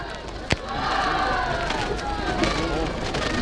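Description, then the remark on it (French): A large crowd cheers and acclaims loudly and continuously as Marcel Cachin rises at a French Communist Party celebration of its newspaper, a dense roar of many voices with shouts rising through it, opened by a single sharp crack at the start. “Marcel Cachin se lève, salué par de vibrantes acclamations.”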